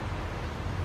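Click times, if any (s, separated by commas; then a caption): none. A wiring harness connector, cut to length for its injector, is handled as it is pushed toward a fuel injector on a 2001 Dodge Grand Caravan 3.3 during head gasket work. Only a steady low rumble and broadband hiss is heard, with no sharp transients. Nothing has seated or clicked yet.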